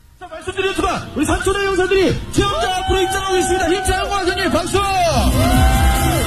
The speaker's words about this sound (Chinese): 挑战者不惧寒冷，他们兴高采烈，高声欢呼。这时候，挑战者在池子里追逐捕捉，鱼则在水中左冲右突，试图挣脱。